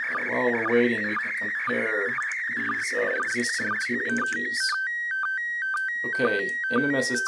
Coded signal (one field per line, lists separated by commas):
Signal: SSTV (slow-scan television)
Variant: PD 120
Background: speech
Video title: Decoding SSTV images pt 3: Decoding more images